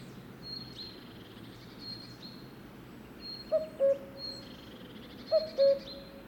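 Cuckoo giving two clear, mellow cu-coo calls, each high note dropping to a lower one, over faint high bird whistles and a soft background hum.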